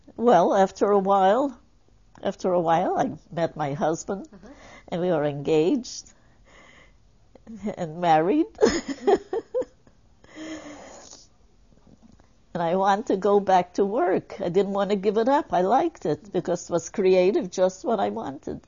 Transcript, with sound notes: Well, after a while, after a while, I met my husband and we were engaged and married (she laughs) and I want to go back to work, I didn't want to give it up, I like it because it was creative, just what I wanted